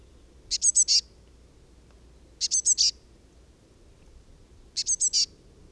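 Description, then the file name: Eurasian blue tit calling: three short bursts of four high, harsh chattering notes each, spaced about two seconds apart, over a faint low rumble. "Cyanistes caeruleus"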